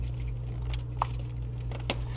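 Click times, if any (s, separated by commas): 1.9 s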